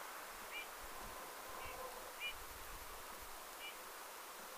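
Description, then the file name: Eurasian bullfinch giving short, soft whistled call notes, four brief notes spaced irregularly over a few seconds against a steady background hiss. "Pyrrhula pyrrhula"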